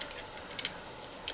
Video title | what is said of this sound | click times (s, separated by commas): Transformers Studio Series 86 Constructicon Mixmaster Review | and it should click into place. | 0.6 s